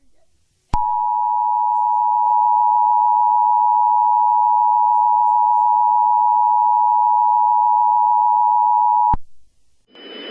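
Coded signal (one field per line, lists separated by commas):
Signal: Emergency Alert System (SAME) tones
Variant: 853 and 960 Hz attention tone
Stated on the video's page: Mock EAS alert about a missing mother, based on a film.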